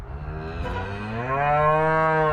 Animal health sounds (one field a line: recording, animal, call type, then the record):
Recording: contact call of a hoofed animal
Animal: cattle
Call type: low-frequency (closed-mouth) or high-frequency (open-mouth) call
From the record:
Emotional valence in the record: negative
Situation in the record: full separation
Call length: 2.4 s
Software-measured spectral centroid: 1190 Hz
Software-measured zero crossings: 1460 a second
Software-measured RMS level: -23 dBFS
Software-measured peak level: -9 dBFS